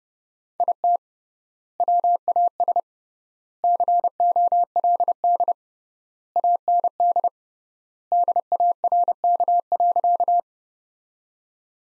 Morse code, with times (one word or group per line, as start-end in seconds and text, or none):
0.6-1.0 IT
1.8-2.8 WAS
3.6-5.5 COLD
6.4-7.3 AND
8.1-10.4 DARK.